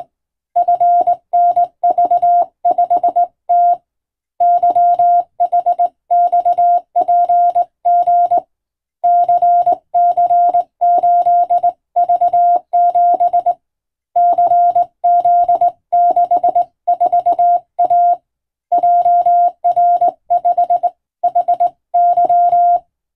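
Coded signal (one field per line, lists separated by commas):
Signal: Morse code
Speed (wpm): 20 wpm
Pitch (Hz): 700 Hz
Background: none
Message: FNV5T YHXPG CC8V7 CZ64A JR5HY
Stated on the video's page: Morse radio telegram in European-language code groups, sent with a vertical straight key, as receiving practice in the style of ship-to-coast-station telegraphy.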